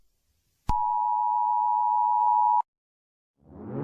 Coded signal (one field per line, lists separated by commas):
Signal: Emergency Alert System (SAME) tones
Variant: 853 and 960 Hz attention tone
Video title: Sri Lanka eas alarm 2004 🇱🇰